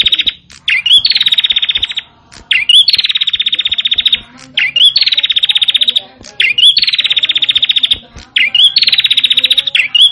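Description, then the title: Prinia song with repeated phrases of a quick rising note leading into a sustained rapid stuttering trill, roughly five phrases in ten seconds. Local name: prenjak cemplir. "Suara Burung Prenjak Cemplir"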